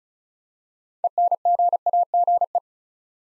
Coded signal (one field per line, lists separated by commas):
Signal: Morse code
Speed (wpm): 36 wpm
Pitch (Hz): 700 Hz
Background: none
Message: ENGAGE